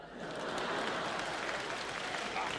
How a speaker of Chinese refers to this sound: 哎呀，你听听这掌声啊，这多好，观众喜欢的。